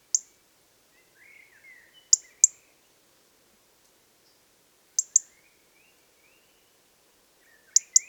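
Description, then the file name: European robin with a lone sharp tick, then three doubled ticks spread across the stretch, with soft twittering in the gaps. "Erithacus rubecula"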